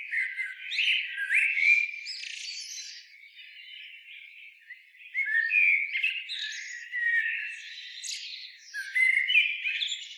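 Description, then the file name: Common blackbird calls: steady jumbled chatter of squeaks and harsh notes, with louder bursts near the start, middle and end. "Turdus merula"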